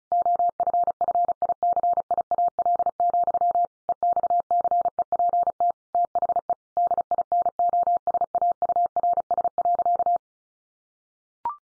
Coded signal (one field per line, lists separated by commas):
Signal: Morse code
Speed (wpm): 34 wpm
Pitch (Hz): 700 Hz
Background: none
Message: OFFICIAL, EXCEPT THE DINOSAURS.